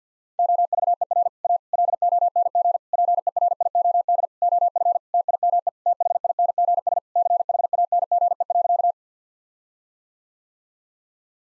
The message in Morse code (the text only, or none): OVER A LONG PERIOD OF TIME THINGS CHANGE.